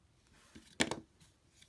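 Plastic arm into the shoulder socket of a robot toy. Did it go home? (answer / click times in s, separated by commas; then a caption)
yes / 0.8 s. A plastic arm piece is popped into the shoulder socket of a transforming Shinkansen Henkei Robo Shinkalion Z 800 Sonic robot toy. A soft handling rustle near 0.6 s leads to a sharp, bright click at 0.8 s, a smaller follow-up tick at 0.9 s, and a faint tap near 1.6 s. The arm seats in the shoulder at 0.8 s.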